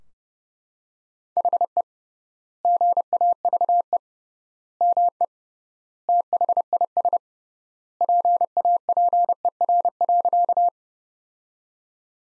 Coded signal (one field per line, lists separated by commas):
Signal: Morse code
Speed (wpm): 31 wpm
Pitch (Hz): 700 Hz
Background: none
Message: HE GAVE ME THIS PAPER.